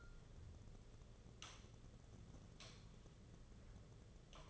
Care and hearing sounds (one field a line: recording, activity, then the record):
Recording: daily activity, microphone in the room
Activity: light off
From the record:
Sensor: 4